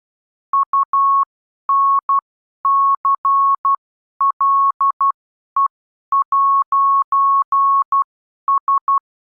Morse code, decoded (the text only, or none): UNCLE'S